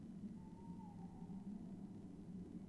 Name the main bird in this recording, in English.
Tawny Owl